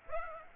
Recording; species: mosquito wingbeat signal from an infrared sensor; Aedes aegypti